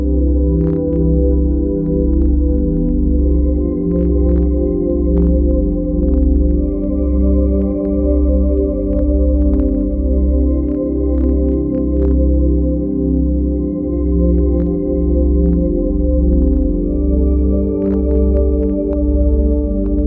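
Layered steady tones around 295.8 Hz and 528 Hz hold unchanged, ringing like a sustained singing bowl over a deep hum that throbs in a regular, slightly faster-than-once-a-second pulse. Faint bright ticks and chimes sprinkle through at irregular moments.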